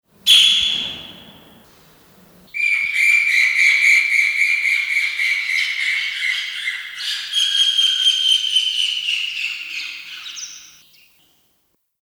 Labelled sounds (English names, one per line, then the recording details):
Rufous Hornero
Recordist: Tembrock, Günter
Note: Rufe